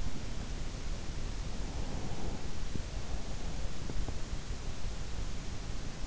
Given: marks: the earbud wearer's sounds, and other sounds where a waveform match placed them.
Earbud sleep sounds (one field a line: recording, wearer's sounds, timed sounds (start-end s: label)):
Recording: sounds in sleep by an in-ear microphone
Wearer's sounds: breath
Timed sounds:
1.50-2.58 s: breath